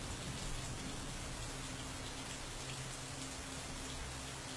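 Steady rain patters without a break outside a window in the dark, a dense, even hiss of drops spread across the whole stretch with no voices, holding a constant, moderate loudness throughout.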